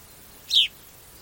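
House sparrow call: a single brief, bright chirp dipping slightly in pitch, standing alone over faint background hiss.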